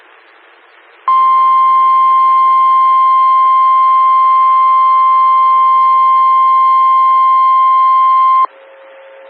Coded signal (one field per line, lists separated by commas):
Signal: Emergency Alert System (SAME) tones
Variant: 1050 Hz attention tone